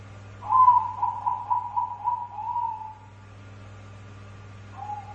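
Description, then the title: Dove song: a pulsed, hooting series near one pitch, softly descending over about two and a half seconds, then a new phrase begins, over a steady low hum. "Canto Da Pomba"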